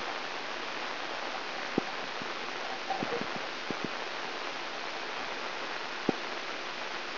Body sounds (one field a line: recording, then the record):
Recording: brain microelectrode recording played as sound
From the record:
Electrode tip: inside the subthalamic nucleus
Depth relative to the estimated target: -4.5 mm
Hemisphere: left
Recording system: AlphaMap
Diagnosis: Parkinson's disease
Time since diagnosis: 13 years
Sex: male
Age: 62 years